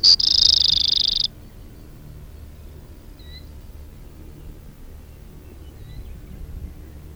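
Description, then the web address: Brewer's sparrow giving one short song at the start, a burst of quick high notes into a buzzy trill, followed by quiet background and a couple of faint chips. Recorded from a cassette. "Brewer's Sparrow Audio B--LNSCourse Cassette"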